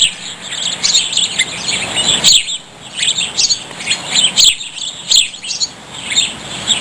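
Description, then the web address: Bird chirps, a busy run of high, rapid twittering notes. "Soundsation. Animals Birds"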